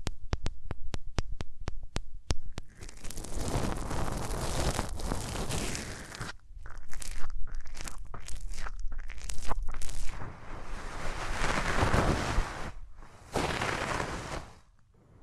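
Hands rub over the ears in uneven rustling strokes, with quick tapping bursts at the start and several sharp pauses between rubbing spells.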